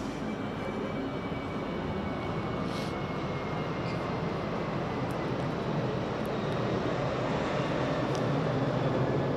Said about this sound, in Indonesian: Ya kan, ya kayak pesawat ini bolak-balik lewat kan gimana lagi?